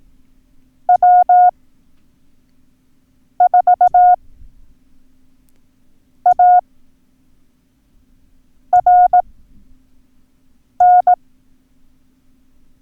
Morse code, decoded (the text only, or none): W4ARN